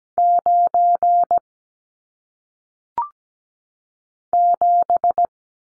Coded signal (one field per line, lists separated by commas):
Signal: Morse code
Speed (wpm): 17 wpm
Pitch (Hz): 700 Hz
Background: none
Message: 9 7